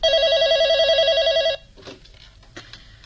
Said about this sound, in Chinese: 自以为可以松口气的朱永昌又被一个电话搅了好梦